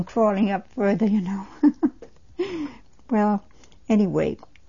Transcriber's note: she laughs